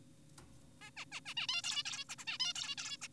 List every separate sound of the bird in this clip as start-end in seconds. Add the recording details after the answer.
0.82-0.90, 0.97-1.05, 1.12-1.20, 1.26-1.34, 1.37-1.47, 1.49-1.62, 1.64-1.83, 1.86-2.04, 2.09-2.16, 2.18-2.25, 2.27-2.38, 2.40-2.53, 2.56-2.75, 2.78-2.97, 3.02-3.08. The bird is an adult. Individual g4p5U